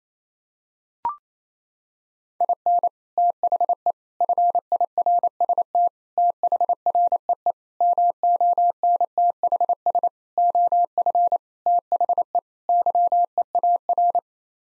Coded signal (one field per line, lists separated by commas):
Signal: Morse code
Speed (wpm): 28 wpm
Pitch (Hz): 700 Hz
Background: none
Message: IN THE FIRST THREE MONTHS OF THE YEAR